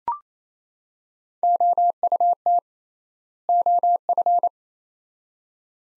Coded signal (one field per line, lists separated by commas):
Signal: Morse code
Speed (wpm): 28 wpm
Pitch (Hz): 700 Hz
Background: none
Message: OUT OF